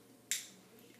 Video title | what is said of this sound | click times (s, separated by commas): XL Recon 1 Second Impressions Almost a Review | that snap it's a very crisp and it fits tight and | 0.3 s